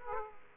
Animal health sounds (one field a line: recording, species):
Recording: mosquito wingbeat signal from an infrared sensor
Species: Aedes aegypti